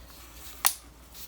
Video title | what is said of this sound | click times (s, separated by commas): Mattel Jurassic World Dino Rivals Roarivores Ceratosaurus | All you gotta do is just push it into the base right here until you hear a snap. | 0.7 s